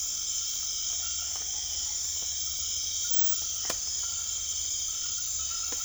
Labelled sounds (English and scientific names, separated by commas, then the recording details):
none
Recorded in secondary vegetation near Puerto Asís, Putumayo, Colombia, on 28 February 2025 at 22:30
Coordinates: 0.500, -76.326
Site GP04